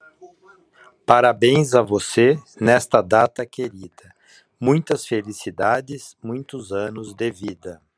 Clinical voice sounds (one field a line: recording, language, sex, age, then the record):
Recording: short text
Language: Brazilian Portuguese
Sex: male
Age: 60 to 69 years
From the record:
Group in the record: control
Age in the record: 65 years